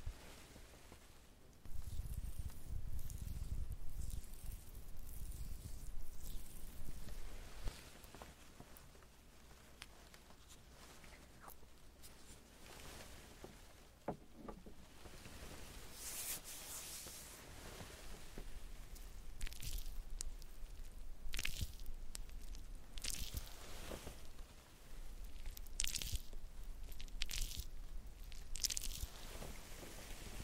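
Makeup being done: small handling sounds, light clicks and tweezer taps scattered across the half minute. A low rumbling rustle runs from about 2 to 8 seconds. After 15 seconds, short bright hissing and brushing bursts come every second or two, with quiet gaps between.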